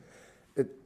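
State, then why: Not seated. A rider forces the lowered plastic visor of a Biltwell Lane Splitter motorcycle helmet down against the small visor seal lock tab on the helmet shell, trying to lock it. The clip is quiet except for one short, dull, low-pitched bump of pressure around 0.6 s that fades quickly. The visor does not lock, and nothing clicks.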